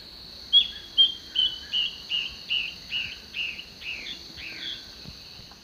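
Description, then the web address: Yellow-browed antbird song: a series of clear whistled notes stepping steadily downward, roughly two per second, with a constant high insect whine behind. Duet; eastern lowlands of South America. "Nature Songs S America Eastern Lowlands. Hypocnemis hypoxantha, duet"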